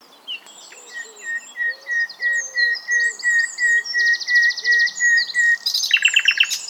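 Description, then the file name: Common nightingale song: a series of many pure whistled notes swelling in loudness, ending in a rapid rattling trill, with higher chirps above. "Luscinia megarhynchos"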